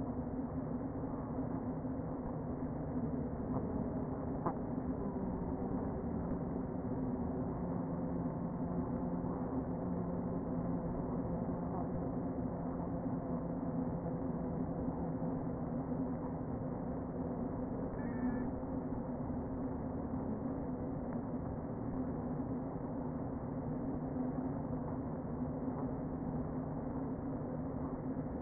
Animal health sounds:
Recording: honeybee colony, microphone inside the hive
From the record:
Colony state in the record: queen present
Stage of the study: before two queens were removed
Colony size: about 60,000 bees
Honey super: yes

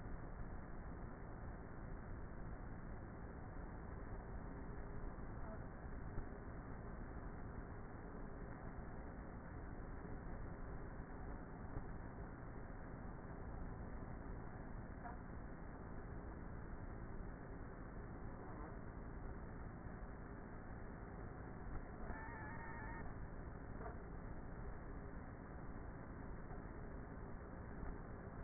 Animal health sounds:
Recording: honeybee colony, microphone inside the hive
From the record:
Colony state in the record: queenless with a low population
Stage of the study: before two queens were removed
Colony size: about 30,000 bees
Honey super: no

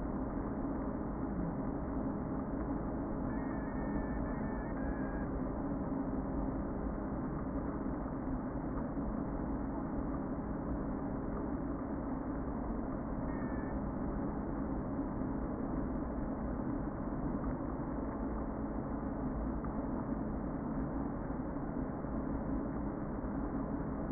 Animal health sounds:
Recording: honeybee colony, microphone inside the hive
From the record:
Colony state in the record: queen present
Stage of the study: before two queens were removed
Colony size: about 60,000 bees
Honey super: yes

